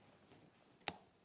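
A magnetic clasp on the cover of a craft photo album is closed, and the magnet snaps together with a single small, sharp click at 0.9 seconds. The click stands out over quiet background noise. The clasp shuts securely, and it sounds satisfying.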